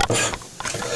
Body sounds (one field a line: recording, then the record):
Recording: coughing mixed with background sound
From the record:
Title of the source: Cough Around the Clock!